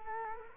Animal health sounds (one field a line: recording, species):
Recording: mosquito wingbeat signal from an infrared sensor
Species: Culex quinquefasciatus